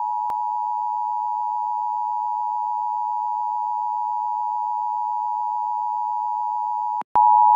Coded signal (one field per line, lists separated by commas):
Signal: Emergency Alert System (SAME) tones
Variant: 853 and 960 Hz attention tone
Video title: EAS mock: The Magix City PDS Severe Thunderstorm Warning and Dust Storm Warning